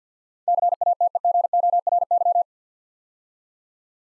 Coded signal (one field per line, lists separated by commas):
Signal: Morse code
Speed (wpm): 48 wpm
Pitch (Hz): 700 Hz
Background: none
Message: CATEGORY